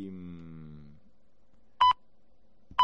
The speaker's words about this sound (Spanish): son puntualmente las 8, sonará en cualquier momento el pitido